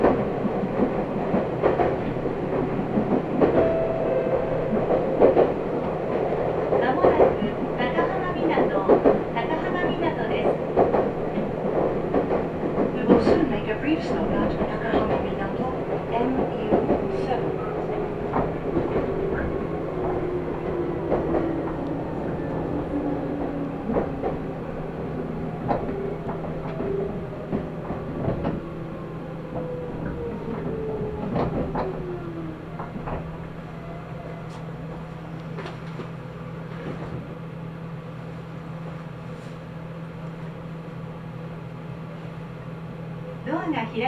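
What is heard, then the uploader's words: A ride on the Nagoya Railroad Mikawa Line: a steady low rumble and hum under constant clattering, with sharp clicks and knocks from the wheels through the first half. A faint voice comes and goes, and around 25–32 seconds a descending whine slides downward as the train slows, then the sound settles quieter. Nagoya Railroad Mikawa Line Chiryu to Hekinan.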